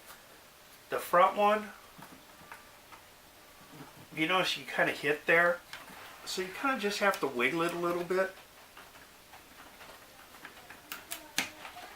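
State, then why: Seated. A laser-cut wooden hinge piece is wiggled into the front slot of a wooden firetruck model kit while someone talks. After the talking, a few small wooden taps follow, and the piece clicks into place with a sharp click at 11.4 s, seated.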